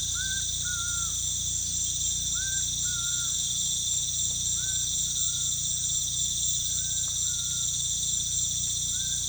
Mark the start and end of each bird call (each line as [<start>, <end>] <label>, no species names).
[0.10, 1.10] bird call
[2.35, 3.29] bird call
[4.51, 5.57] bird call
[6.65, 7.56] bird call